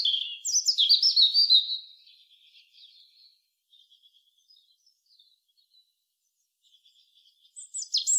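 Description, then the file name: European robin: a loud two-second burst of high, tumbling twitter and whistles, quiet faint notes trickling after, then another sharp phrase starting at the end. "Erithacus rubecula"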